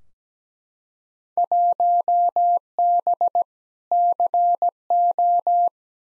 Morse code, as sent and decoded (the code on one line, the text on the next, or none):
.---- -... / -.-. ---
1B CO